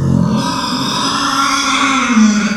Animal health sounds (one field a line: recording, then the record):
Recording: squeal of a Yucatan mini pig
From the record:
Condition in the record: after surgery on the right vocal fold (resection and tissue-engineered implant)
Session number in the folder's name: 14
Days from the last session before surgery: 133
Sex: female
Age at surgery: 19 weeks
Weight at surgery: 25 kg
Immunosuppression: prednisolone